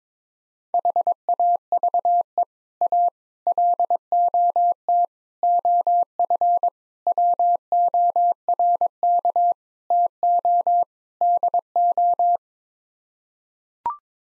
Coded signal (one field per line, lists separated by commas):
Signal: Morse code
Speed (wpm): 22 wpm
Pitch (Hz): 700 Hz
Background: none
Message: HAVE A LOT OF WORK TO DO